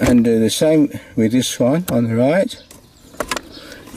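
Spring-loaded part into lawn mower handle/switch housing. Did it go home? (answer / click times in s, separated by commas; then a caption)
yes / 3.2 s, 3.3 s. Someone talks, then the right-hand spring-loaded part that had popped out of a Greenworks battery lawn mower is pushed back into its seat in the handle/switch housing of the mower, which was not working. Sharp clicks are heard at 3.2 s and 3.3 s as the part clicks into place and is seated.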